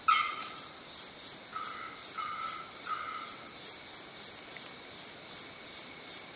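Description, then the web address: Bearded bellbird: a sharp opening note followed by three short, even, tonal notes, with a dense, rhythmic insect drone throughout. "sound bearded-bellbird. صدای-پرنده-زنگمرغ-ریشدار"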